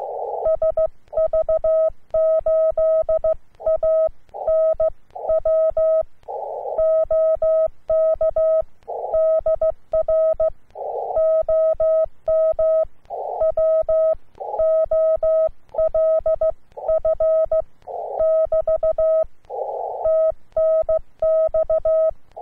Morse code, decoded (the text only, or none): SV8ANW OK DR OM WOLF <BT> TNX